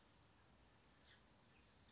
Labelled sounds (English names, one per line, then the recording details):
Chestnut-backed Chickadee
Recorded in Sonoma County, California